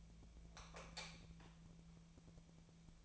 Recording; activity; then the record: daily activity, microphone in the room; light off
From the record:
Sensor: 1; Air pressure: 1000.0 hPa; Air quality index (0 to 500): 130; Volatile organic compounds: 2 ppm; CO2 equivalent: 1231 ppm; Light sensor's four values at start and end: 36/98/40/48 and 33/83/35/42